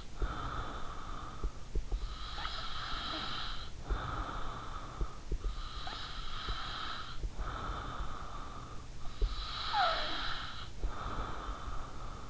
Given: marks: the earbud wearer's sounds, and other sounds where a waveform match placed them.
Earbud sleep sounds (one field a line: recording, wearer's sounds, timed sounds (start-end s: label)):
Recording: sounds in sleep by an in-ear microphone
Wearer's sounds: breath, snoring breath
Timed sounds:
0.00-9.10 s: breath
9.10-12.30 s: snoring breath